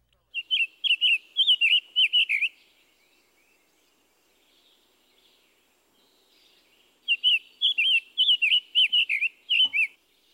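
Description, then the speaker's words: Summer Tanager song: a sing-song string of clear, slurred up-and-down notes, a pause of several seconds, then a second longer phrase. Sing-song rhythm, less burry than the scarlet tanager; more southerly species; male singing. "His song also has that sing-song rhythm. However, it is less burry than the scarlet tanager. Listen to the summer tanager."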